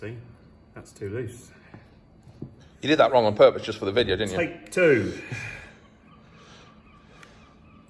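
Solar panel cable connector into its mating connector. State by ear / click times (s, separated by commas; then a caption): seated / 7.2 s. Two solar panel cable plugs on a motorhome installation are pushed together until they lock, while someone talks through most of the clip. After the talking stops, a short sharp click is heard at 7.2 s as the connector seats in its mating connector.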